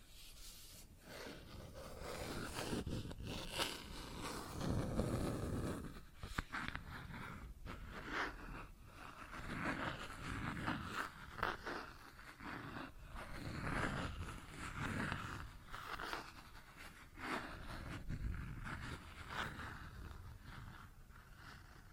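Plastic objects are handled, tapped and scratched in a busy, irregular stream of sound. Short clicks and knocks come every second or so between rasping, zipper-like scrapes, with a low rumble underneath and louder bursts around five and fifteen seconds.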